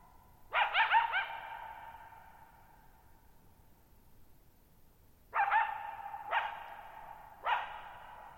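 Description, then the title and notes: Coyote barks: a quavering yip burst, a pause filled by a long fading echo, then three sharp barks in quick succession. Lone coyote calling at night, July 14, 2019, near Thirtymile Meadows, Okanogan National Forest, Okanogan High Country, Pacific Northwest, 6400 ft (1950 m), shallow bowl-shaped meadow on a high dry plateau. "Lone Coyote at Thirtymile Meadows. night of July 14, 2019, camped near Thirtymile Meadows in the Okanogan National Forest at 6400 ft (1950 m)"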